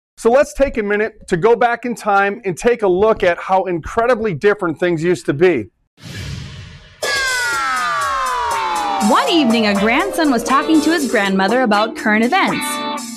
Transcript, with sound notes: So let's take a minute to go back in time and take a look at how incredibly different things used to be. (reverberating sound)
(upbeat music) One evening, a grandson was talking to his grandmother about current events.